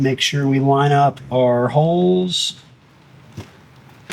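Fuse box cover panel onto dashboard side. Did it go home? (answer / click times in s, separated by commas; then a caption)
no / none. A plastic fuse area cover on a 2025 GMC Sierra 1500 AT4 is lined up with its holes against the dashboard side while someone talks. After the talk ends, only quiet handling noise follows, with a faint tap near 3.4 s and a short sharp sound at 4.1 s. Nothing has seated or clicked yet; the cover is not yet home.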